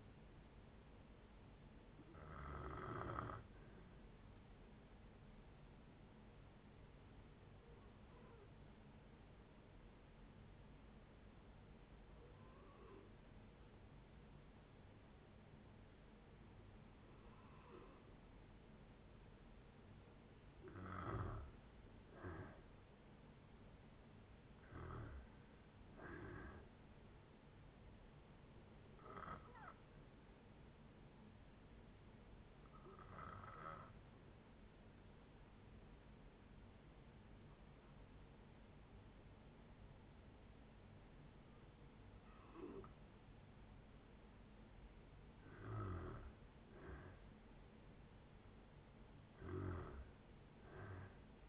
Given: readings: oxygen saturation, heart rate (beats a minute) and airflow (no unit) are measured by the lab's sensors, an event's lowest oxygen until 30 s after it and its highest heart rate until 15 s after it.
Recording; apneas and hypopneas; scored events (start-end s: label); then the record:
breathing in sleep by a voice recorder at the bedside; 2
5.00-20.80 s: hypopnea (N2, oxygen 95% highest, then 89% lowest, heart rate 64 at the start, 69 highest)
29.00-47.00 s: hypopnea (N2, oxygen 95% highest, then 90% lowest, heart rate 68 at the start, 71 highest)
From the record:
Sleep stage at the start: N2 (light sleep); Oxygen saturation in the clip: 87 to 95%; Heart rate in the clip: 57 to 70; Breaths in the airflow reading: 12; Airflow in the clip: -7.3 to 6.8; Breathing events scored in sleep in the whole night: 496 in 5.4 hours asleep